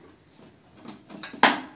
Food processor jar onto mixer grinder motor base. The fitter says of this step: இருப்பா lock sound வருதுங்களா